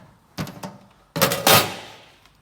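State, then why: Seated. A fitting is pushed onto its mount on a single-tap beer dispenser. A first pair of knocks is heard around 0.4 and 0.6 seconds, then sharp clicks at 1.2 and 1.2 seconds as the fitting clicks into place and seats, followed by a rattling tail and a faint tick near 2.3 seconds.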